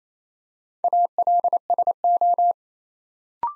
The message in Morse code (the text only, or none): ALSO